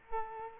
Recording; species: mosquito wingbeat signal from an infrared sensor; Culex quinquefasciatus